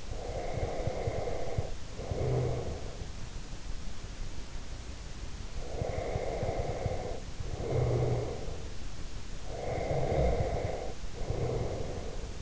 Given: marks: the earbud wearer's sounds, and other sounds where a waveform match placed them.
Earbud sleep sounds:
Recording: sounds in sleep by an in-ear microphone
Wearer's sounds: breath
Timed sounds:
0.00-3.25 s: breath
5.56-8.62 s: breath
9.46-12.42 s: breath

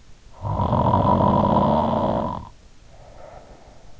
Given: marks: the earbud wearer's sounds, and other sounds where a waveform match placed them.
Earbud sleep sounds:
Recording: sounds in sleep by an in-ear microphone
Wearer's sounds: snoring breath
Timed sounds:
0.14-3.91 s: snoring breath

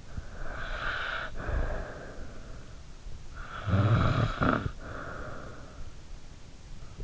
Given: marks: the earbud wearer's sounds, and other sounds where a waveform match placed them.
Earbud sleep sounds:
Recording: sounds in sleep by an in-ear microphone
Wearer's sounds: snoring breath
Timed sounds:
0.11-2.75 s: snoring breath
3.45-6.01 s: snoring breath

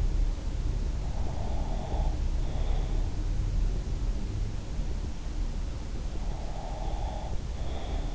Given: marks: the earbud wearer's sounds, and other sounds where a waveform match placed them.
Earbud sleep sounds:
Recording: sounds in sleep by an in-ear microphone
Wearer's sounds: breath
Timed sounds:
1.20-2.88 s: breath
6.02-8.15 s: breath

